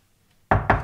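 Criminal police pound heavily on a door: three loud, booming blows in quick succession after a moment of silence, each thud deep and resonant with a sharp attack.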